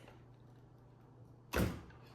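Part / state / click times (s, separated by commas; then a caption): button shell and image in a button maker press die / not seated / none. A button shell and image sit lined up in a button maker press die as the handle is pressed down. A steady low hum runs throughout, and a loud broadband burst of noise comes at about 1.5 s, fading by about 1.8 s. Nothing has seated or clicked yet.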